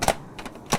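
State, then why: Not seated. A lid is being handled onto an electric pressure cooker pot, giving a couple of sharp clicking knocks near the start, faint scraping in the middle, and another sharp knock near the end. The lid has not yet locked into place; nothing has seated or clicked home yet.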